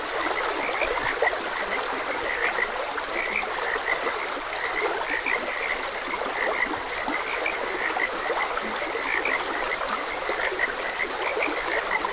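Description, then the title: Frog chorus of many brief high croaks over the constant babble of a trickling stream. Frogs croaking beside a gentle stream in a continuous ambient nature soundscape. "Gentle Stream and Frogs Croaking"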